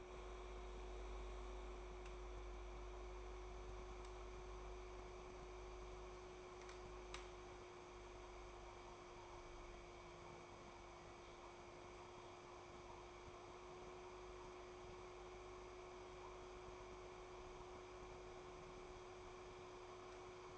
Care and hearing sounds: daily activity, microphone in the room; make coffee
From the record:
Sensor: 1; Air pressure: 1004.3 hPa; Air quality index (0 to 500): 200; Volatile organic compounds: 19 ppm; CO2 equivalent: 2639 ppm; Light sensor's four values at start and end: 5/14/5/5 and 5/14/5/5

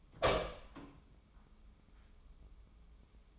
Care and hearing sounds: daily activity, microphone in the room; open door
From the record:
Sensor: 1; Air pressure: 1005.0 hPa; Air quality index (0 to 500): 85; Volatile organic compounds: 2 ppm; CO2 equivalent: 1147 ppm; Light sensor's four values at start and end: 9/23/9/10 and 10/23/9/10

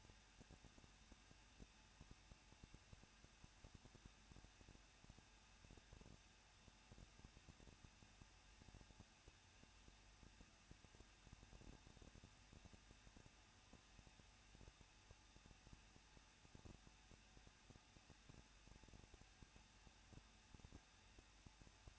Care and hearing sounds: daily activity, microphone in the room; no activity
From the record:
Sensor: 2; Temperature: 21.0 degrees Celsius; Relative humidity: 37.3%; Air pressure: 1006.3 hPa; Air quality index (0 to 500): 220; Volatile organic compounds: 23 ppm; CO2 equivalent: 2783 ppm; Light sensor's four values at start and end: 2/3/2/2 and 2/3/2/2

